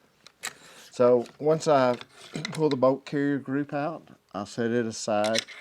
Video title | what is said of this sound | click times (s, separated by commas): How To: Gear Maintenance For Hunting Guides | and snap into place | 0.4 s